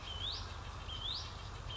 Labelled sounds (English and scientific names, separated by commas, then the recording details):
Hutton's Vireo (Vireo huttoni)
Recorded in Sonoma County, California